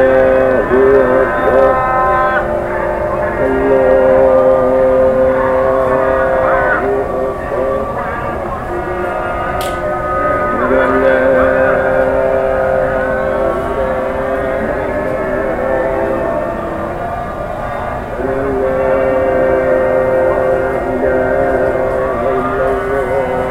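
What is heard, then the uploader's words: Voices chant together in long, drawn-out tones, holding each note before sliding to a new pitch every few seconds. A low, steady rumble runs underneath at an even level throughout, and a brief sharp click sounds near the ten-second mark. Northern Morocco Impression. Field Recording. Mixed Recordings from Fes, Iche, Figuig, Marrakesh of Morocco: Sounds of Prayers and Life.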